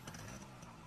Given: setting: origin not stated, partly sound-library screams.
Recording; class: one-second piece from a danger detection set; normal situation